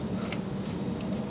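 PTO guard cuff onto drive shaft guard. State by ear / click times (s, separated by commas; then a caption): not seated / none. A plastic PTO guard cuff, lined up by its two white clips, is handled and pushed forward onto the drive shaft guard. A steady low hum runs throughout, with a brief sharp transient near 0.3 s and a few faint high-frequency ticks. The clips have not locked, and nothing has seated or clicked yet.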